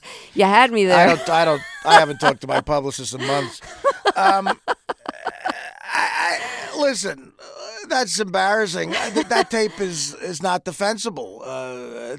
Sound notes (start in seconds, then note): 1.0 soundbite of laughter; 3.8 soundbite of laughter